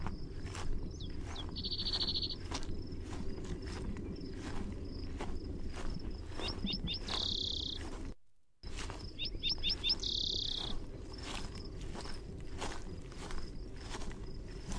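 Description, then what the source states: Spotted towhee singing three times, each song a brief harsh buzzing trill after short lead-in notes, against a constant high insect drone, with a brief dropout midway. Primary song.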